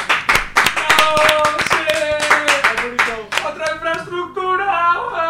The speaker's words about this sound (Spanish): Y bueno, yo creo, yo me siento, me llena de orgullo y satisfacción. Nos debemos un aplauso, ¿no?